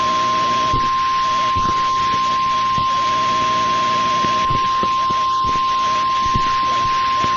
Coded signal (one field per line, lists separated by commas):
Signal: Emergency Alert System (SAME) tones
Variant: 1050 Hz attention tone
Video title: EAS Scenario: Hunter Error 6: Hunter Error's Crazy Revenge